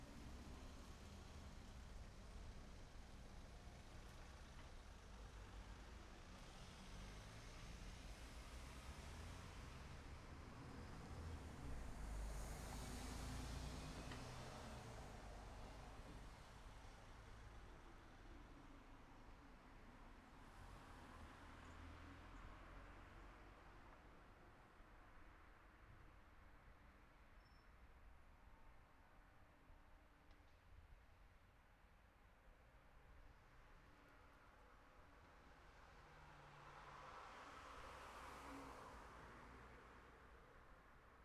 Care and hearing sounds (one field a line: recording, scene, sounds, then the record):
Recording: everyday scene through a hearing-aid microphone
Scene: in traffic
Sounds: traffic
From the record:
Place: city secondary road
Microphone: behind the ear, left, front